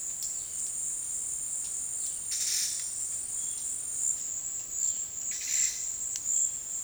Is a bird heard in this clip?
no